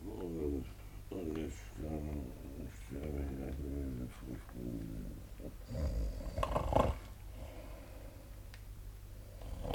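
A man lying behind a curtain snores in a steady rhythm, a string of low, rasping snores for several seconds, followed by a louder burst of rustling and snorting breath before it quiets.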